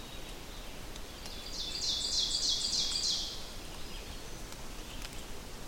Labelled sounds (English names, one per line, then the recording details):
Ovenbird song
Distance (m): 35 m
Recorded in boreal forest in Alberta, Canada, on 4 June 2016 at 07:23
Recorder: SongMeter 3, array SBT-3-51
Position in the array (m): 215 m, 17 m
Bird 27